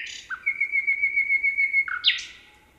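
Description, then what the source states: Common nightingale song: a sharp opening note, then a long, steady, pulsing whistle lasting over a second, ending in a quick, bright flourish of varied notes. 26 June.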